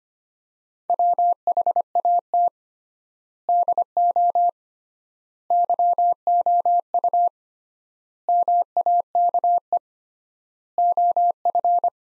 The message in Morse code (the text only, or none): WHAT DO YOU MAKE OF